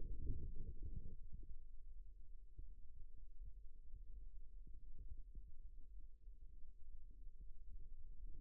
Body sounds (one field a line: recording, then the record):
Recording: forearm muscle sounds (acoustic myography)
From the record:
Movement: rest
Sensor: system 2, bracelet of six BSWA MPA416 microphones around the upper forearm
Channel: 5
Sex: male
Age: 22 years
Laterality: right